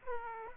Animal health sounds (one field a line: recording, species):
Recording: mosquito wingbeat signal from an infrared sensor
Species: Aedes aegypti